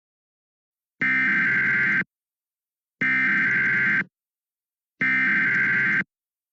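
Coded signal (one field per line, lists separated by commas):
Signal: Emergency Alert System (SAME) tones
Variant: header bursts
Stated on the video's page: Rare Dust Storm Warning EAS alert in Chicago, Illinois.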